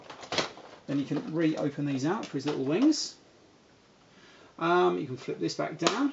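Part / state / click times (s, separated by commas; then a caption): plastic toy part into toy body / seated / 0.3 s, 0.4 s. A plastic part of a Transformers Titans Return Trypticon toy is moved into the toy body, giving two small clicks at 0.3 s and 0.4 s as it taps and seats into place. Someone talks through the rest of the clip.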